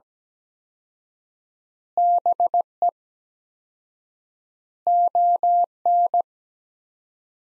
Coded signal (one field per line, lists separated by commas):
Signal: Morse code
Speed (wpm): 17 wpm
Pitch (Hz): 700 Hz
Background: none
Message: BE ON